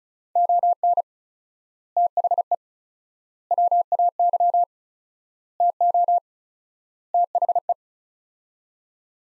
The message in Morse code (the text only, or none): ON THE WAY TO THE